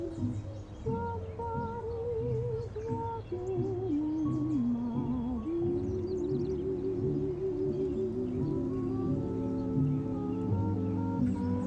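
Summer oldies play steadily in another room, a wavering melody line over a constant low murmur, with no clear breaks.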